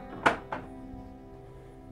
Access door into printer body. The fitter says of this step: sure it's clicked in on both sides.